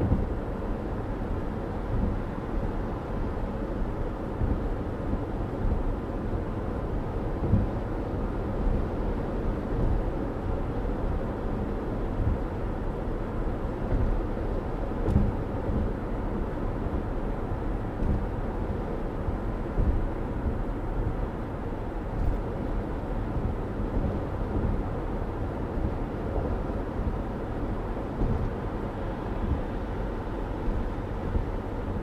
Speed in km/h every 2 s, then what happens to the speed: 105, 106, 108, 109, 111, 111, 113, 111, 111, 111, 109, 109, 108, 108, 106, 106.
0-11 speeds up to 113. 11-32 steady at about 109.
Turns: none.